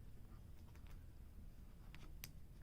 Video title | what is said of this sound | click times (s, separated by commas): GoPro Hero 7 Black Setup (Film Test) | once you that second snap you know all right | 1.9 s, 2.2 s